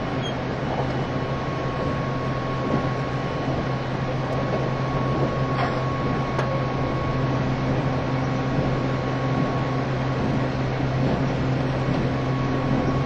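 A train running with a steady, dense rumble that holds at an even level throughout. A low droning hum sits underneath, with a faint thin tone above it, and a few brief clicks and knocks occur around the middle, near six seconds.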